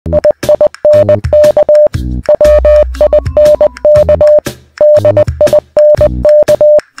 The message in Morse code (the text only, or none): IINK WINK DINK